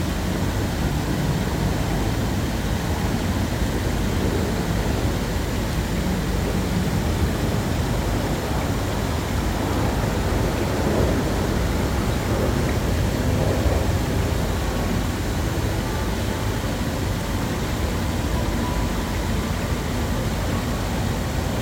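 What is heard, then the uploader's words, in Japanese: Wind blows through the shade beside a building, a steady, dense rush weighted toward the low end with a rumbling, buffeting quality. The level holds nearly constant for the whole stretch, with only slight swells and a faint hum underneath. 六本木ミッドタウンの午後5時◆環境音のみ。ビルの日陰に吹く風が心地よい気温。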